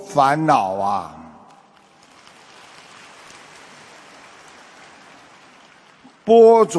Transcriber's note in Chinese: 掌声